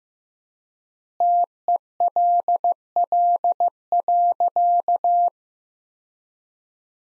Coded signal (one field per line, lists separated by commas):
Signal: Morse code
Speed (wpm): 15 wpm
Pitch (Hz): 700 Hz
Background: none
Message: TELL.